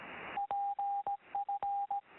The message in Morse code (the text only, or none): PF